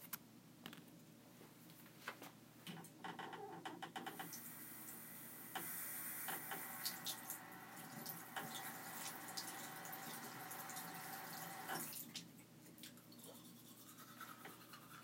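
Someone brushes their teeth beside a running tap, water hissing loudly from about four to twelve seconds amid clicks and scrubbing.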